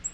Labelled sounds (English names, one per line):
Black-throated Green Warbler flight call